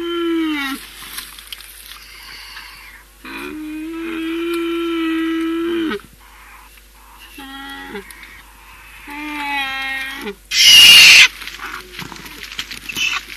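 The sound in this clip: American black bear giving drawn-out, tonal moaning calls in several bouts, some steady and some ending in a waver, with a loud noisy burst near the end.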